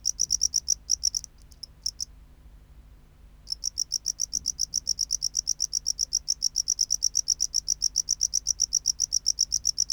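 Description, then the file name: Tropical house cricket song of fast high chirps that stutters and stops for about a second and a half, then resumes as a steady rapid series. "Bio Acoustica Gryllodes sigillatus"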